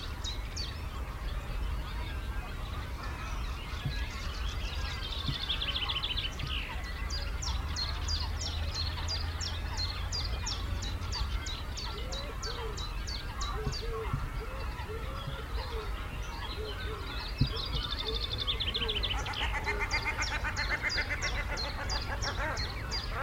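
Cormorant chicks keep up a constant squeaking behind a repeating chiffchaff song close by, its quick regular notes running through most of the clip. Other birds call at mid pitch, and a low rumble underlies everything, heavier in the first half.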